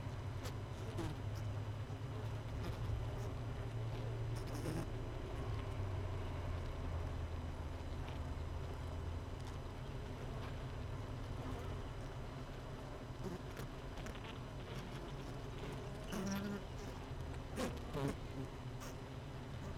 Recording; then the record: honeybee colony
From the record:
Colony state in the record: missing queen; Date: 31 May 2018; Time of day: 17:47